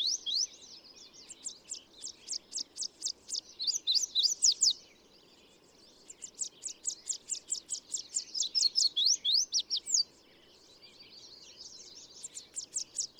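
Bird delivering long, rapid strings of high sharp notes with trills, in bursts separated by pauses, over low background noise.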